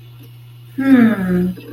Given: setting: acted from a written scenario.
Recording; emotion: vocal sound without words; realization